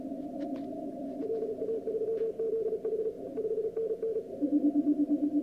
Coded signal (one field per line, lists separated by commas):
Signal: Morse code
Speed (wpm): 36 wpm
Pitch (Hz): 440 Hz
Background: none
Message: LA3ZH 5NN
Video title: FT5ZM pile-up on 12 cw